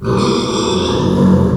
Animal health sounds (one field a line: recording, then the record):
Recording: squeal of a Yucatan mini pig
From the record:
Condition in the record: after surgery on the right vocal fold (resection and tissue-engineered implant)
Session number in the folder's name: 16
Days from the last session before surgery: 183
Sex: female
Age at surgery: 19 weeks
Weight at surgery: 25 kg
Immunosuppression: prednisolone